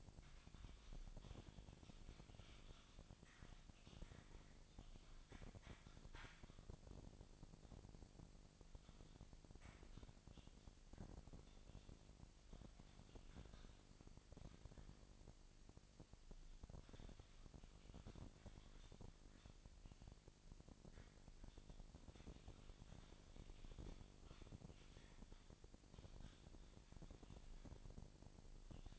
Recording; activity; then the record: daily activity, microphone in the room; typing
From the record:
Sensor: 5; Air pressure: 999.3 hPa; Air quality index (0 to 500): 229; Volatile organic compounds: 24 ppm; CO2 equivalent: 2798 ppm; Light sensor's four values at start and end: 34/79/31/30 and 33/78/31/30